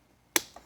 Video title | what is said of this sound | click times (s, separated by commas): How To Properly Install F1 Paddle Shifter Mod in a C6 Corvette (Step-by-Step 10 mins) | Once you hear the click, you know it is secure. | 0.4 s